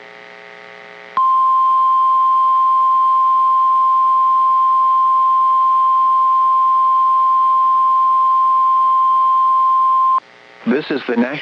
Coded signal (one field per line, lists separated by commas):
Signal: Emergency Alert System (SAME) tones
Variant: 1050 Hz attention tone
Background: speech